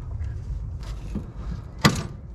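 A wrench on the steering knuckle of a Datsun 280Z twists the ball joint backwards until it pops free with a sharp, loud hit at 1.9 s, after a fainter knock around 0.8 s. Someone talks afterward, and the ball joint is released from the steering knuckle.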